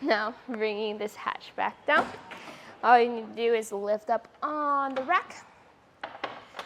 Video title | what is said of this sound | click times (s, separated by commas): etrailer - Thule Verse Bike Rack for 2 Bikes Review - 2022 Tesla Model Y - TH64SA | Snaps into place right there, and you are ready to go. | 6.0 s